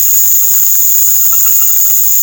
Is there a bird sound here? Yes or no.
no